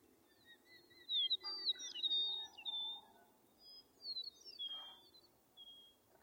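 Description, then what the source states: Bird song: high twittering phrases, with a fainter lower series of notes at the start and a couple of brief noisy rustles. In a meadow.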